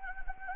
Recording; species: mosquito wingbeat signal from an infrared sensor; Anopheles arabiensis